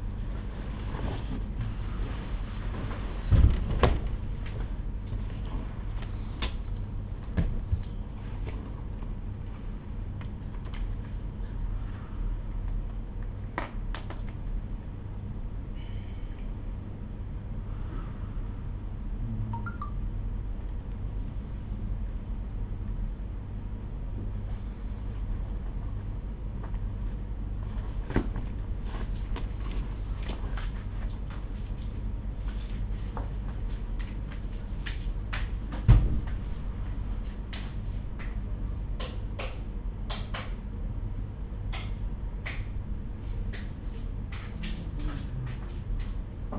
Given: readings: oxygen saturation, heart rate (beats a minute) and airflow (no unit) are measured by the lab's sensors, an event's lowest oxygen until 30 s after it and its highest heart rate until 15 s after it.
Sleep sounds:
a person awake in a sleep study, by a smartphone at the bedside; none
0.00-46.59 s: awake
From the record:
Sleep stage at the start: awake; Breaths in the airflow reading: 13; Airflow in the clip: -0.8 to 0.7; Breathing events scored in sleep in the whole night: 201 in 6.5 hours asleep

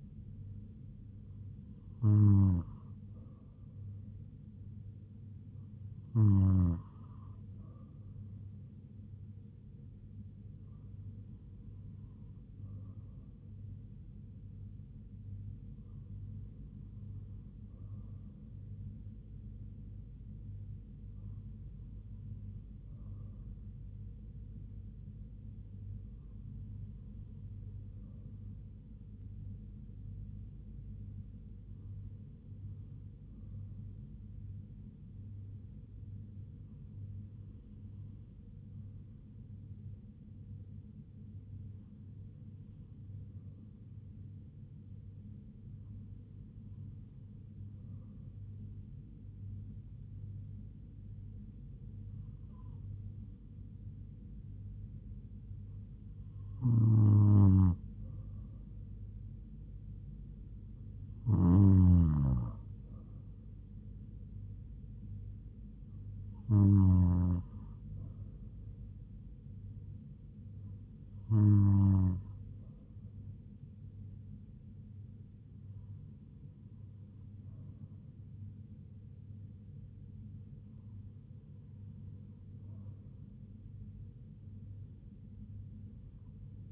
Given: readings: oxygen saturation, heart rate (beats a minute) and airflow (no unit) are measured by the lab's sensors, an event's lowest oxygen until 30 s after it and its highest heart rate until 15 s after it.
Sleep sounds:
breathing in sleep by a smartphone at the bedside; none
none scored
From the record:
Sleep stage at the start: N2 (light sleep); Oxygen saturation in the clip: 95 to 97%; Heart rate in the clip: 69 to 80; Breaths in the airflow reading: 17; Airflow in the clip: -4.6 to 4.6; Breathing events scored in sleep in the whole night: 158 in 7.3 hours asleep

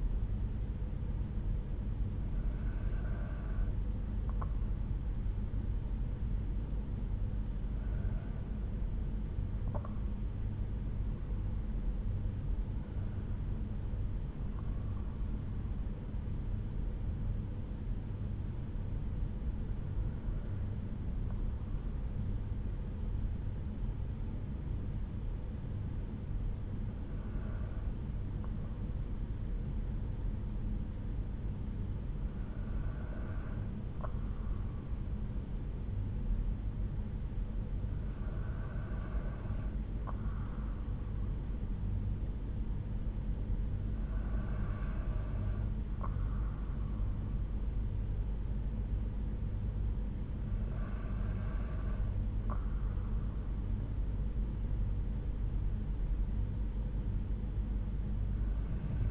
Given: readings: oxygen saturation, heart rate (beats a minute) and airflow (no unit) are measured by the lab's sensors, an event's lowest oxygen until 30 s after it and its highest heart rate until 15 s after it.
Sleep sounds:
breathing in sleep by a smartphone at the bedside; 1
11.00-44.00 s: hypopnea (N1, oxygen 96% highest, then 93% lowest)
26.00-59.10 s: new sleep stage, N2 (light sleep)
From the record:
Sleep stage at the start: N1 (lightest sleep); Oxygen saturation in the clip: 92 to 96%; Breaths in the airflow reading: 9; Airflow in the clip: -3.2 to 4.5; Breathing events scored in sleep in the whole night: 368 in 8.0 hours asleep

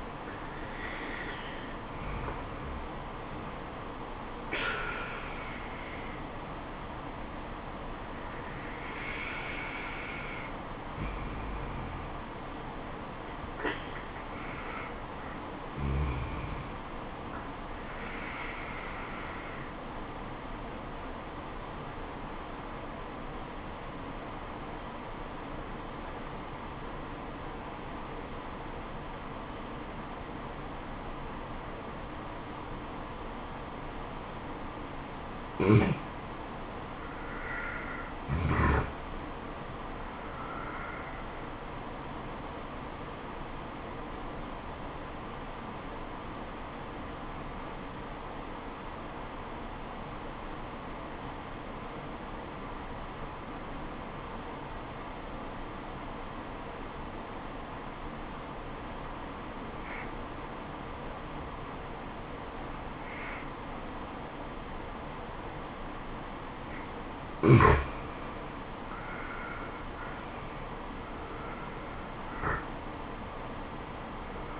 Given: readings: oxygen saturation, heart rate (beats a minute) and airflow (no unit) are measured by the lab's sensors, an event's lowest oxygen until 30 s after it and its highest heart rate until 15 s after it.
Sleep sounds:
breathing in sleep by a voice recorder at the bedside; 2
22.00-38.30 s: obstructive apnea (N2, oxygen 97% highest, then 90% lowest, heart rate 73 at the start, 76 highest)
45.00-68.70 s: obstructive apnea (N2, oxygen 94% highest, then 84% lowest, heart rate 69 at the start, 78 highest)
From the record:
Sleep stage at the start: N2 (light sleep); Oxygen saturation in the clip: 83 to 97%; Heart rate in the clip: 66 to 78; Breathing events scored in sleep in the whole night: 426 in 7.4 hours asleep

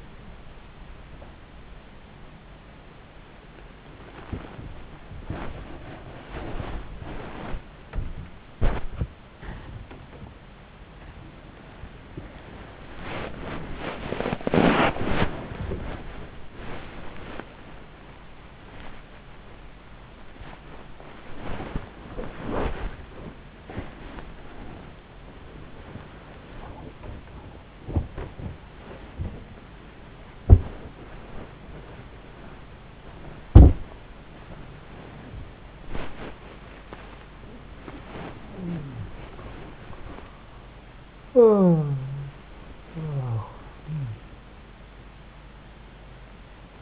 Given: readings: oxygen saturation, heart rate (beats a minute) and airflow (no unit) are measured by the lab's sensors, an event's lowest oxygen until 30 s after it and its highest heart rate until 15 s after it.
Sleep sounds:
a person awake in a sleep study, by a voice recorder at the bedside; none
0.00-46.82 s: awake
From the record:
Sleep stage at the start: awake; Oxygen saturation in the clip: 92 to 95%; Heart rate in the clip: 46 to 96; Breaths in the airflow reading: 14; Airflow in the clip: -9.8 to 14.0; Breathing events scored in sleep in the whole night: 270 in 6.1 hours asleep

